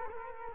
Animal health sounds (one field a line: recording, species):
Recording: mosquito wingbeat signal from an infrared sensor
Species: Culex quinquefasciatus